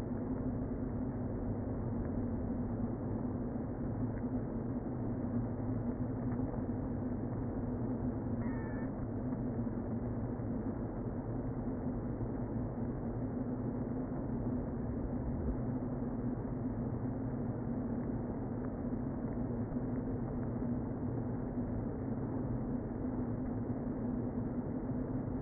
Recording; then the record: honeybee colony, microphone inside the hive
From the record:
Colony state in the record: queen present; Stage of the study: before two queens were removed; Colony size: about 60,000 bees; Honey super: yes